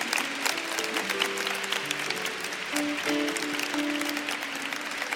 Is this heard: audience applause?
yes